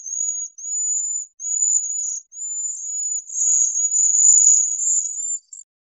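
Cedar waxwing giving very high, thin, hissing trilled notes, drawn out and repeated in a near-continuous series with brief gaps.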